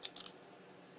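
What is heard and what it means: A small button is pressed on the chest compartment of a plastic Transformers Generations Fall of Cybertron Voyager Class Soundblaster action figure. Sharp, bright plastic clicks are heard at 0.1 s and 0.2 s, with another snap just after, then quiet. The spring-loaded mini figure pops out of the chest, is released and auto-converts.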